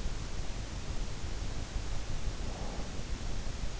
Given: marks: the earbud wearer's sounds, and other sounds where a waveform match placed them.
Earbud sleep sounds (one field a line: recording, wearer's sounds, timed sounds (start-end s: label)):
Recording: sounds in sleep by an in-ear microphone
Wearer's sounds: breath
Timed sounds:
1.66-3.22 s: breath